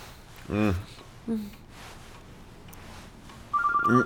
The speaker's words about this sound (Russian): Ой, телефон. Ничего, позвонит и перестанет.